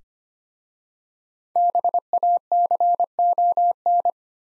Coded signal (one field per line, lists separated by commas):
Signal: Morse code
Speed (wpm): 26 wpm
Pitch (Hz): 700 Hz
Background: none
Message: BACON